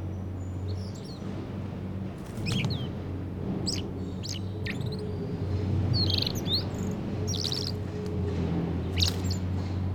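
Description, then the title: Common blackbird: brief high chirps and twittering notes, spaced irregularly, over a constant low rumble of construction. Blackbird singing and rummaging in dead leaves on a garden floor, Rue de Laeken, Brussels, Belgium; large construction site in background; sunny day; Lom mikroUsi microphones on ground, Sony PCM-M10. "Rue de Laeken, 1000 Bruxelles, Belgique - Blackbird versus construction site"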